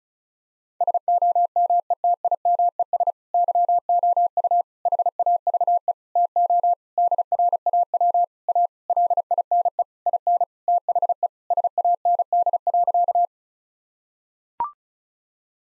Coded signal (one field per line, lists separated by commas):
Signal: Morse code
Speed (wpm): 36 wpm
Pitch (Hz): 700 Hz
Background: none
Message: SOMETIMES YOU HAVE TO DRAW A LINE IN THE SAND.